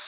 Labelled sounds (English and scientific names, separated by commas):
Pine Warbler (Setophaga pinus) flight call